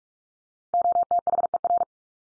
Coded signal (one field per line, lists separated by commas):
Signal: Morse code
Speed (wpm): 44 wpm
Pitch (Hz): 700 Hz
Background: none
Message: OTHER